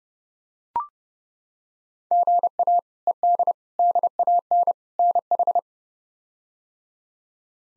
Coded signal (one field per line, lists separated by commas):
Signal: Morse code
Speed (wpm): 30 wpm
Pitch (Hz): 700 Hz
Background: none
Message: GA ED DAN NH